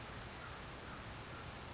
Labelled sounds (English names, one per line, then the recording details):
California Towhee
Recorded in Sonoma County, California